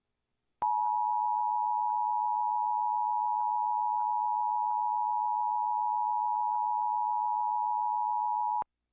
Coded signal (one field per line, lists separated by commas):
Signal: Emergency Alert System (SAME) tones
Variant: 853 and 960 Hz attention tone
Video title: EAS: Severe Thunderstorm Warning for Tarrant, TX, and Dallas, TX (04/28/2026)